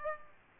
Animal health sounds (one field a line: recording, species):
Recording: mosquito wingbeat signal from an infrared sensor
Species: Aedes aegypti